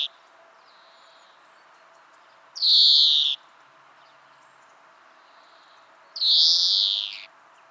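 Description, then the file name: European greenfinch wheezing: the tail of one buzz, then two long, harsh nasal buzzes, each lasting about a second, a few seconds apart. "Chloris chloris"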